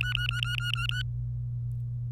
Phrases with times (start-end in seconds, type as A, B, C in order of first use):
0.00-1.02 A